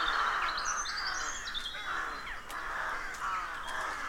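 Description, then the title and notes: Rook colony chorus of rough overlapping caws, with thin high chirps and whistles from small songbirds sounding above it. Rook colony of more than 300 birds nesting in a dozen roadside trees, deeply rural County Armagh, early spring; pairs greeting, squabbling with neighbours as first chicks hatch. "Sound Escape 113: Enjoy the stirring cacophony of a rook colony. We wandering in deeply rural County Armagh. It's early spring and the rooks rule the woodlands. BBC Countryfile Magazine's Sound Escapes"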